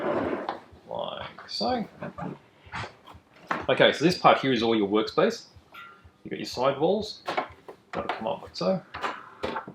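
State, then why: Not seated. Someone talks while raising the hinged side walls of an HS (Hseng) portable spray booth with LED lights and extractor fans into position on the booth base, with a few short handling knocks. Nothing has seated or locked into place yet.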